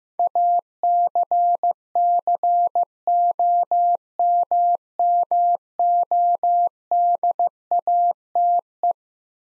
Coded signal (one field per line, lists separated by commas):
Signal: Morse code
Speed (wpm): 15 wpm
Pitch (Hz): 700 Hz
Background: none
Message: ACCOMMODATE